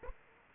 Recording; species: mosquito wingbeat signal from an infrared sensor; Aedes aegypti